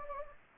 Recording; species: mosquito wingbeat signal from an infrared sensor; Anopheles gambiae